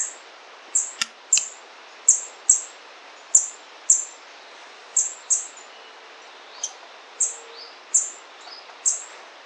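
White-browed foliage-gleaner with a run of piercing high downslurred notes at uneven intervals, plus a brief click near the start.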